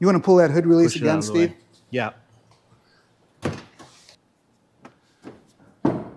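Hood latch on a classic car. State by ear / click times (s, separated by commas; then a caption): released / 5.9 s. Someone talks, asking for the hood release on a classic car to be pulled again. After a few quieter thumps and clicks, the hood latch lets go with a sharp pop at 5.9 s, and the hood is released.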